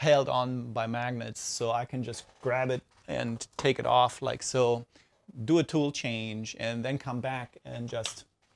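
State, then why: Not seated. A magnetic dust shoe is handled at a CNC router's spindle mount, pulled off for a tool change and brought back toward the mount, where magnets set in recesses in the top plate hold it in place. Someone talks throughout, with no distinct mechanical impacts. The clip ends before the dust shoe goes back on; nothing has seated or clicked yet.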